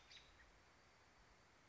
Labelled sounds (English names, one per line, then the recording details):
American Robin
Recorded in Sonoma County, California